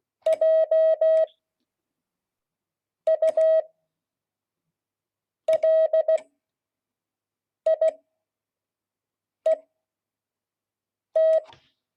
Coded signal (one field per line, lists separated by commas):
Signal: Morse code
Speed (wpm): 16 wpm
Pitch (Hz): 640 Hz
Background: none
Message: JULIET